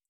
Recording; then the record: hydrophone in a shrimp aquaculture tank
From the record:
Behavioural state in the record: stressed